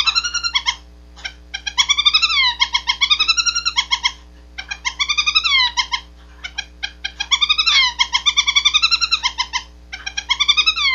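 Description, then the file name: Owl finch song of fast chattering nasal notes alternating with slurred, wavering mew-like phrases, given in several bursts separated by brief gaps, with a faint steady hum throughout. Male. "suara owl finch jantan"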